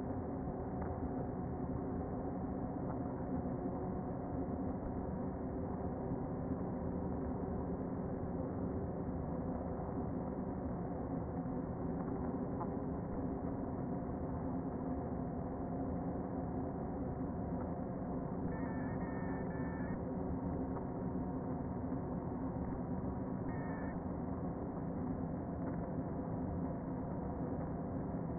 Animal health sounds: honeybee colony, microphone inside the hive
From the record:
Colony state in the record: queen present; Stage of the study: before two queens were removed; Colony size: about 60,000 bees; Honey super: yes

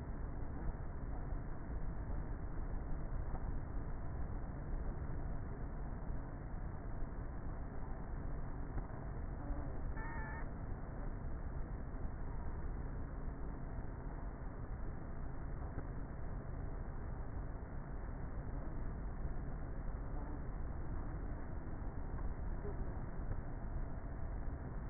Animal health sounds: honeybee colony, microphone inside the hive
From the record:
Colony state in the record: queenless with a low population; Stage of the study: before two queens were removed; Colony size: about 30,000 bees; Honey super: no

